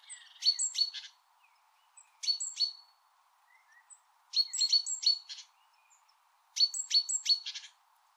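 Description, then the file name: Great tit calls: four bursts of high, sharp chirping notes mixed with short buzzy trills, separated by pauses of about one to two seconds; faint low hum throughout. "Parus major"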